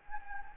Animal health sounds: mosquito wingbeat signal from an infrared sensor; Anopheles gambiae

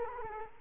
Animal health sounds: mosquito wingbeat signal from an infrared sensor; Culex quinquefasciatus

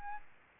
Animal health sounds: mosquito wingbeat signal from an infrared sensor; Aedes albopictus

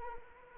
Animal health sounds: mosquito wingbeat signal from an infrared sensor; Anopheles arabiensis

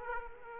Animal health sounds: mosquito wingbeat signal from an infrared sensor; Aedes aegypti

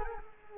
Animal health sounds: mosquito wingbeat signal from an infrared sensor; Culex quinquefasciatus

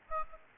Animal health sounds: mosquito wingbeat signal from an infrared sensor; Aedes aegypti

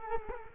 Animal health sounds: mosquito wingbeat signal from an infrared sensor; Culex quinquefasciatus

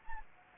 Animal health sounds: mosquito wingbeat signal from an infrared sensor; Anopheles gambiae

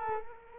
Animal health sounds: mosquito wingbeat signal from an infrared sensor; Culex quinquefasciatus

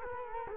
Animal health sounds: mosquito wingbeat signal from an infrared sensor; Culex quinquefasciatus

